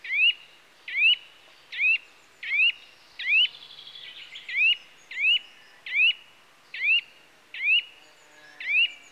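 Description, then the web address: Eurasian nuthatch giving a series of ringing, rising whistled notes, roughly one per second, about a dozen calls. "BBC Sound Effects Library. Nuthatch (Sitta Europaea) Calls"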